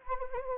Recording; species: mosquito wingbeat signal from an infrared sensor; Anopheles arabiensis